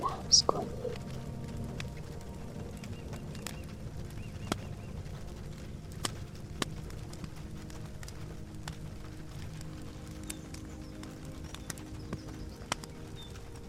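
Rain and a fire: a steady, low, even wash runs throughout while sharp, crisp pops and snaps break through every second or so. A brief bright chirp-like sound stands out right at the start, and otherwise the scene stays constant.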